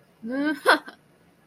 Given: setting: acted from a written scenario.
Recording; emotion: vocal sound without words; triumph